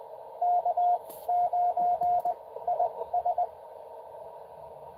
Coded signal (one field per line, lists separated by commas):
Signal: Morse code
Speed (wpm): 20 wpm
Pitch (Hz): 710 Hz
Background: radio noise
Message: K9IS